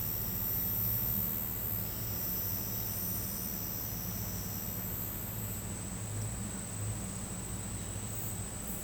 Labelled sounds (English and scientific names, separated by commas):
none